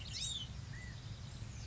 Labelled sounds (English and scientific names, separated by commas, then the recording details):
California Quail (Callipepla californica)
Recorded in Sonoma County, California